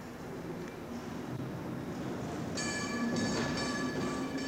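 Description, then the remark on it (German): A tram rolls in on its rails with a steady low rumble that builds slightly, then a high metallic wheel squeal rings out over the noise in the second half. “Ja, da kommt sie!”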